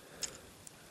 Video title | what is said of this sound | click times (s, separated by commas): TFC Toys RED CROSS (First Aid): EmGo's Transformers Reviews N' Stuff | downward until it clicks into place | 0.7 s